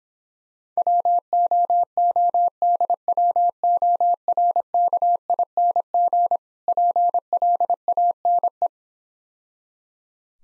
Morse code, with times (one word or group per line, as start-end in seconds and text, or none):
0.8-6.4 WOODWORKING
6.7-8.7 PLANE